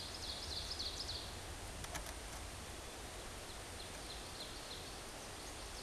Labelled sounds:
Ovenbird song
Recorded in a Pennsylvania forest on 17 May 2023 at 14:07
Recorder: AudioMoth, point grid1_12_low
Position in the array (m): 198 m, 44 m

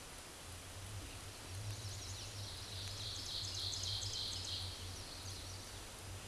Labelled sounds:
Ovenbird song
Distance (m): 25 m
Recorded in a Pennsylvania forest on 17 May 2023 at 13:37
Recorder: AudioMoth, point grid1_31_low
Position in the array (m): 143 m, 65 m

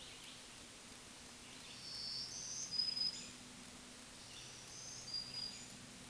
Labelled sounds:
Black-throated Green Warbler song
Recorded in a Pennsylvania forest on 1 June 2023 at 08:58
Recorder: AudioMoth, point grid3_17_high
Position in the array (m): 212 m, 178 m

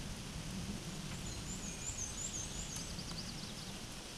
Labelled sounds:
Black-and-white Warbler song
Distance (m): 35 m
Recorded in a Pennsylvania forest on 18 May 2023 at 13:54
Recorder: AudioMoth, point grid1_27_low
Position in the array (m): 86 m, 45 m

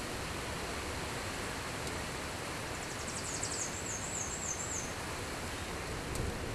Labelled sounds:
Black-and-white Warbler song
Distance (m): 15 m
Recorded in a Pennsylvania forest on 17 May 2023 at 14:21
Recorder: AudioMoth, point grid1_20_low
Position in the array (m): 61 m, 212 m

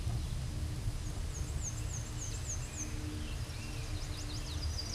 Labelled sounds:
Black-and-white Warbler song
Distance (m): 65 m
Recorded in a Pennsylvania forest on 18 May 2023 at 12:57
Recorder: AudioMoth, point grid1_19_low
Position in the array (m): 38 m, 216 m

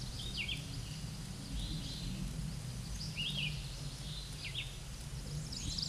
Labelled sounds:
Hooded Warbler song
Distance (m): 25 m
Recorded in a Pennsylvania forest on 18 May 2023 at 13:07
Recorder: AudioMoth, point grid1_15_low
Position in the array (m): 45 m, 199 m

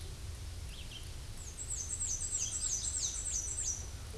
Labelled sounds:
Black-and-white Warbler song
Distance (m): 15 m
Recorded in a Pennsylvania forest on 18 May 2023 at 06:16
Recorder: AudioMoth, point grid1_4_low
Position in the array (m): 63 m, 49 m

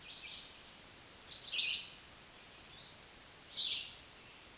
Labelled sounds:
Black-throated Green Warbler song
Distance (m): 25 m
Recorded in a Pennsylvania forest on 1 June 2023 at 07:50
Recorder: AudioMoth, point grid3_40_low
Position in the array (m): 175 m, 222 m

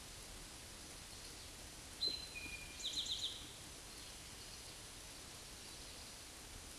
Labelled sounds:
Eastern Towhee song
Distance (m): 40 m
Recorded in a Pennsylvania forest on 17 May 2023 at 13:16
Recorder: AudioMoth, point grid1_7_low
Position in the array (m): 120 m, 85 m

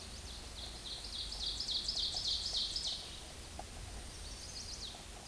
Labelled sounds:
Ovenbird song
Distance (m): 20 m
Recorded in a Pennsylvania forest on 17 May 2023 at 13:00
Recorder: AudioMoth, point grid1_12_low
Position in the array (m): 172 m, 94 m

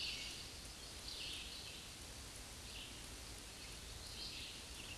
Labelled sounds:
Scarlet Tanager song
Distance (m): 45 m
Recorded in a Pennsylvania forest on 19 May 2023 at 11:02
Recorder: AudioMoth, point grid1_7_low
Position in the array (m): 189 m, 39 m

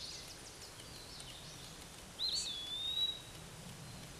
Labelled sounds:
Eastern Wood-Pewee song
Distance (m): 15 m
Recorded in a Pennsylvania forest on 17 May 2023 at 13:28
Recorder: AudioMoth, point grid1_14_low
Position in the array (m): 91 m, 136 m

